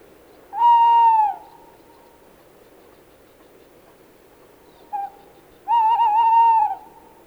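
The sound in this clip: Tawny owl hooting: a long drawn hoot, a pause of several seconds, a short note, then a long quavering hoot, against a quiet background.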